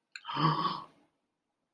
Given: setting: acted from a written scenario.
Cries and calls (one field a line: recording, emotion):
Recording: vocal sound without words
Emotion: awe